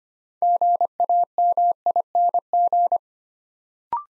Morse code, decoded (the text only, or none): GAMING